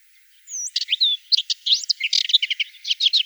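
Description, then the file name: Subalpine warbler singing a rapid chattering warble, opening with a thin high whistle, then dense buzzy chirps and short rattles. "Slavka belousaja"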